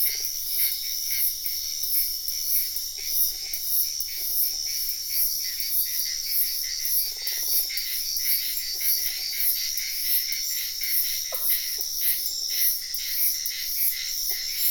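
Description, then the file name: Insects chirping in a dense, high, steadily pulsing chorus that never stops, with short low frog-like trills breaking in every few seconds. Wetland at night in Sian Ka'an Biosphere Reserve, with frogs also in the recording. "felix blume nature ambience wetland night frogs insects bird heron type sian ka an biosphere reserve"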